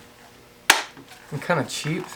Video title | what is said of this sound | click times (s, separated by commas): Unboxing new DeWalt Cordless Hammer Drill/Driver with Flexvolt Advantage and My Experience | there's no satisfying click there kind of like the click you get with the magnetic power charger for like the imax it just | 0.7 s